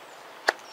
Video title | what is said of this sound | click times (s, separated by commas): Should you carry your knife "scout" style? | for it I mean you can just hear that thing just snap into place | 0.5 s